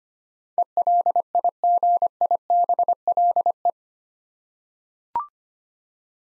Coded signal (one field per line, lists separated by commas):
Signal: Morse code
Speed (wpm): 25 wpm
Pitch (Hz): 700 Hz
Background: none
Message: ELIGIBLE